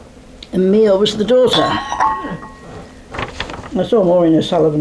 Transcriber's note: puts cup on saucer